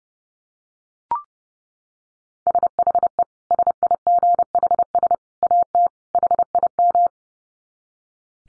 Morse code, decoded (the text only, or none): SHE SIGHS AT HIM